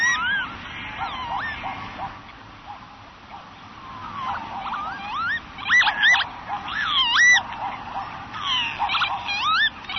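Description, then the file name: Northern lapwings giving slurred, wheezy calls that rise and fall, several birds overlapping throughout with some bursts louder than others. "kievit"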